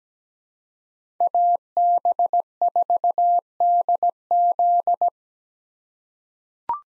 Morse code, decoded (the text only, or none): AB4DZ